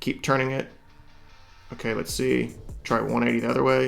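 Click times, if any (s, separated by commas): none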